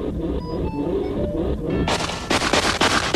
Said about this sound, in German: Oh, Sie benutzen einen Hammer. Das ist aber apart.